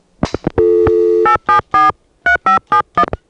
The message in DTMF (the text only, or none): 8743571